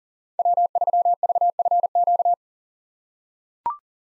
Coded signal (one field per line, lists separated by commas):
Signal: Morse code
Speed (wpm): 37 wpm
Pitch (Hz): 700 Hz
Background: none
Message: W3VFQ